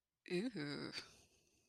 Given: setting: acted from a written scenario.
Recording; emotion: vocal sound without words; desire